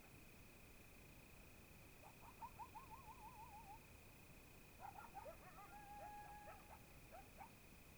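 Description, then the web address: Coyote giving a wavering, quavering howl, then a short burst of yips and a thin sustained howl, over a constant high whine. Coyotes in Oregon, 2015. "GDC 2018-Game Audio Bundle Discover Oregon - Coyotes Coyotes 2015 Medlock Loudest Quiet Coyotes"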